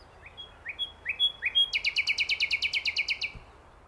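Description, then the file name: Common nightingale song phrase: several rising slurred notes, then a long, fast, rattling trill of identical notes. "Luscinia megarhynchos"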